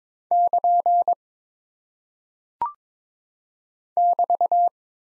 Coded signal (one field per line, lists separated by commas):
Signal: Morse code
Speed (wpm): 22 wpm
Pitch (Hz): 700 Hz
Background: none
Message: <KN> <BT>